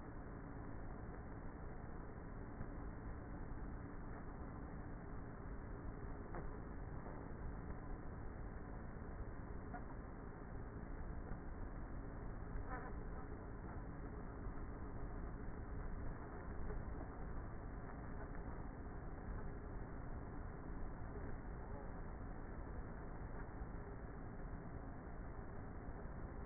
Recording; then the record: honeybee colony, microphone inside the hive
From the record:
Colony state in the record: queenless with a low population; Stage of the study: before two queens were removed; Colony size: about 30,000 bees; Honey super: no